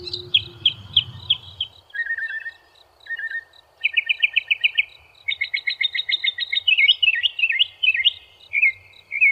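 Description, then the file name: Northern mockingbird singing a varied medley: quick repeated whistled notes, low buzzy doublets, a rapid rattling phrase, then squeaky slurred notes, each phrase repeated several times before switching. "kicauan burung northern mockingbird. omkicau"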